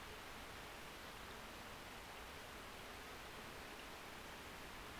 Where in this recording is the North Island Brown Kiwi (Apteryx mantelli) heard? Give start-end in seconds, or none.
none